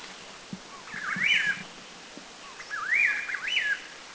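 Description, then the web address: Chestnut-crowned laughingthrush whistling two wavering phrases, each dipping, rising and then sliding down, separated by about one second of soft background noise. Recorded in Thailand. "Thailand. Chestnut-crowned LTDAK"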